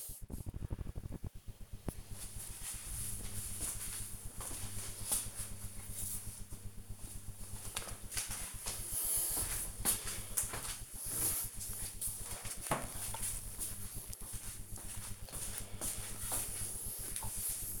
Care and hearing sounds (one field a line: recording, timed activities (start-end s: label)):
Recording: household activities, microphone on the right wrist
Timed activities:
13.86-17.80 s: floor cleaning